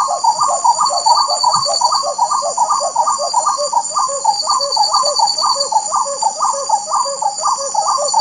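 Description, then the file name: Spot-winged wood quail calling in a rapid, rollicking chorus of repeated whistled phrases, several notes per second, over a steady high insect drone. Recorded at Jardim Bopiranga, Itanhaém, São Paulo state, Brazil, on 7 April 2009. "Odontophorus-capoeira-Jd Bopiranga-Itanhaem-SP-Brazil-7-4-09-ASilveira"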